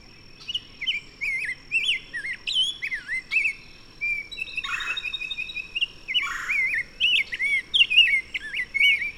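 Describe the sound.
Bird song, a long string of varied whistled and slurred notes with sharp clicks, rich and continuous, with a brief noisy burst midway and a steady faint high tone.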